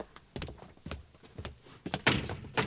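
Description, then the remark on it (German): A heavy iron door of a garage thuds several times with dull, low metallic knocks at an irregular pace, the last few louder, with no voices. “Na, Tür ist aus Eisen.”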